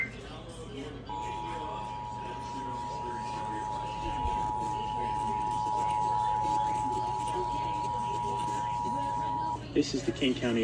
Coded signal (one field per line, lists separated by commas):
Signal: Emergency Alert System (SAME) tones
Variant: 853 and 960 Hz attention tone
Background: speech